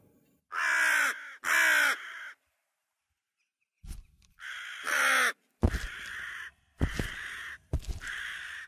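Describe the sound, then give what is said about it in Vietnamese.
A crow that has just flown down and perched in front of a wooden post at the entrance of an alley caws loudly several times: two long harsh calls, a pause, then a string of shorter raspy caws with sharp onsets, standing alone without speech. “Bước đi được đến đầu con hẻm thì chợt một con quạ từ đâu bay liệng tới xà đậu xuống trước cái cột gỗ, rồi nó mở miệng kêu lớn lên những âm thanh đầy đáng sợ.”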